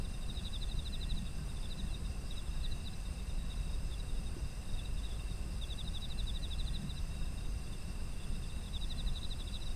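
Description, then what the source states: Autumn insects trill continuously at high pitch; pulsed chirp bursts recur every few seconds while a low rumble persists underneath. Autumn insect ambient soundscape.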